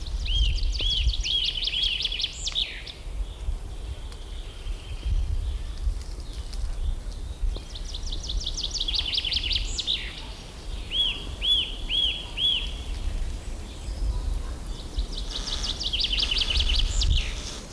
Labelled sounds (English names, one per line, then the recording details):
Common Chaffinch
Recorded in the wild
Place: Mühlenbeck, Brandenburg, DE
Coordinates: 52.67, 13.38
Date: 1996-04-28 15:54
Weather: heiter-wolkig, 17°C
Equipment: Sony MD-WM MZ-R3, Sennheiser MKH 416 T, Kopie Uher 4000 Report Monitor
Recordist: Tembrock, Günter